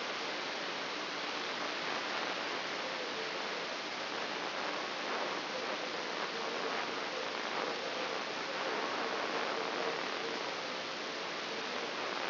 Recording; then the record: brain microelectrode recording played as sound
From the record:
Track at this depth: outside the subthalamic nucleus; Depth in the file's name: 9.304 mm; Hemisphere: left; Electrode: 3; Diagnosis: Parkinson's disease